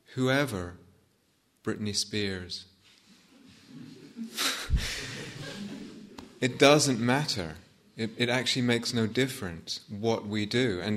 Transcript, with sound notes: whoever. Britney Spears. [laughter] It doesn't matter, it actually makes no difference what we do.